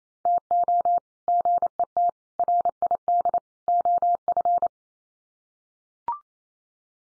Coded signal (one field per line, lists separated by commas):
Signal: Morse code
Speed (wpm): 28 wpm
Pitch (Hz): 700 Hz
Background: none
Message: TO GET RID OF